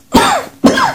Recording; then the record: coughing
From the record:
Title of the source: Spring Allergy Coughing